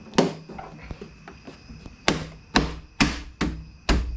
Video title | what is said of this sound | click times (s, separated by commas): BodyGuard spare tire delete for 2021 Ford Bronco | everything snaps in | 0.2 s, 2.1 s, 2.6 s, 3.0 s, 3.4 s, 3.9 s